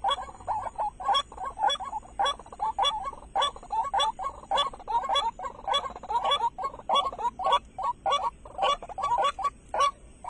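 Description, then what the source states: White-breasted waterhen calls, a steady run of short nasal croaking notes, with a faint high hum throughout. Recorded at night during bird luring, using a flashlight and mp3 playback.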